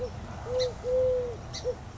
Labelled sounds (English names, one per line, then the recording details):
Eurasian Collared Dove
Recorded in Sonoma County, California